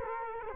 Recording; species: mosquito wingbeat signal from an infrared sensor; Culex quinquefasciatus